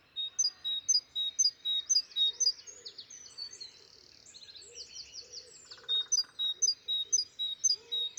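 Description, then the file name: Great tit repeats a piercing two-note phrase at an even pace, falls silent for a few seconds amid background birdsong, then starts the same series again. "Parus major"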